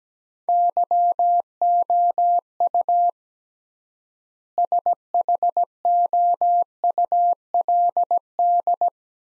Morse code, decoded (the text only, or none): YOU SHOULD